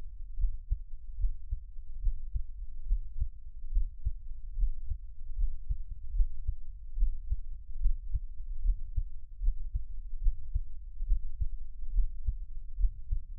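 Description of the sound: An adult's own heartbeat, recorded up close, with no talking.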